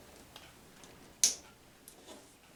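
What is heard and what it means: Keyed plastic wire-harness plugs are pushed into the replacement control board of a Samsung dryer's control panel, clicking into place at 0.4, 0.8, 1.2 and 1.9 seconds. Most of the clicks are faint ticks, but the one at 1.2 seconds is a sharp, much louder snap. All the plugs end up seated in the board.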